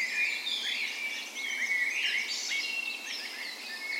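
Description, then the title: Dawn chorus birds, loud continuous tangle of high whistles, chirps and rapid trills from multiple birds at once. Spring dawn chorus on the morning of 17 May, Norway's National Day, in a park west in Bergen, Norway; recorded with a Sony PCM A10 and LOM micro Usi mics as tree ears. "17th Of May Dawn Chorus"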